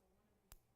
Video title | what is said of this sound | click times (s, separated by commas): TVON Live Fine Jewelry with Lauren Blair: Live jewelry shopping | I don't know if you just heard that there are two clicks | 0.5 s